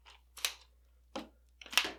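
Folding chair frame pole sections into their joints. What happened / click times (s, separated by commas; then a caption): The pole sections snapped into their joints / 0.5 s, 1.8 s. Shock-corded frame pole sections of a collapsible camp chair are fitted together into their joints, giving a series of short, sharp clicks and knocks. The sections snap into place with clear clicks at 0.4 s and 1.8 s, and the poles are seated.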